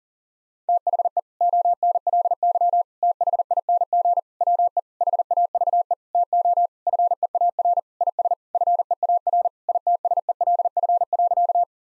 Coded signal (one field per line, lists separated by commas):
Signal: Morse code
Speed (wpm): 40 wpm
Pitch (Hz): 700 Hz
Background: none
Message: THE ONLY THING WE HAVE TO FEAR IS FEAR ITSELF.